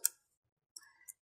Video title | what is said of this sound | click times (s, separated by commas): Dell Precision R7920 Workstation CPUs - Intel Xeon Processor Options - LGA-3647 Socket - CPU Install | and just click into place so now | 0.1 s